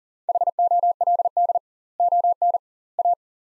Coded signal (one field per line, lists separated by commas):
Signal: Morse code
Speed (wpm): 37 wpm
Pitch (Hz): 700 Hz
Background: none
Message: HOLD ON A